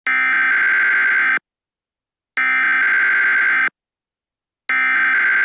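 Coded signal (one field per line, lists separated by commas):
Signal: Emergency Alert System (SAME) tones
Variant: header bursts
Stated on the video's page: Mock EAS alert.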